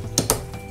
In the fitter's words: these marbles, the bearings, they kind of click into place.